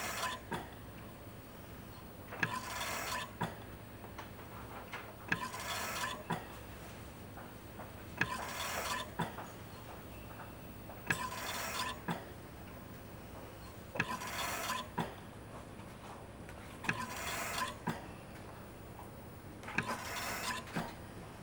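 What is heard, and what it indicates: Regular rushing, hissing air bursts with sharp valve clicks repeat about 21 times a minute in a steady rhythm over a low background hum. This is a hospital mechanical ventilator cycling breaths.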